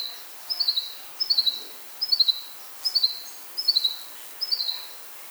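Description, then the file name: Common chaffinch calls: short high clusters of three or four quick notes slipping downward, repeated a little more than once per second over a faint background hiss. "Fringilla coelebs"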